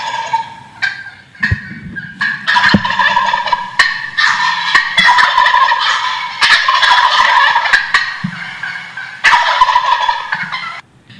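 Wild turkey gobbling, rapid rattling gurgles in several long bursts.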